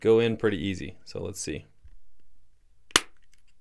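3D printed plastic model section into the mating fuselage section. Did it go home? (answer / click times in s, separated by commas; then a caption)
yes / 3.0 s. Two 3D printed plastic fuselage sections of an A-10 model are lined up and pushed together by hand while someone talks. A sharp snap is heard at 3.0 seconds as the section seats into the mating fuselage section.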